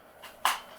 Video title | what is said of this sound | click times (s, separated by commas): Is This The Best Foldable Guitar Stand? GUITTO Review #ad | There you go. So, now it's locked into place. | 0.5 s